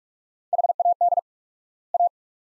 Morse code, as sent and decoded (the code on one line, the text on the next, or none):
.... .- -.. / .-
HAD A